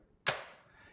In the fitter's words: It just sort of snaps into place.